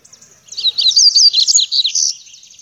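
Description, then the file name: Seedeater delivering a brisk, high-pitched tumbling warble of slurred notes, ending in a thin trill. "canto do papa capim"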